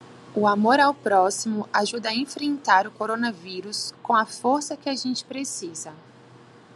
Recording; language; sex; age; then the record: spoken sentence; Brazilian Portuguese; female; 30 to 39 years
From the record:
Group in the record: control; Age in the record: 34 years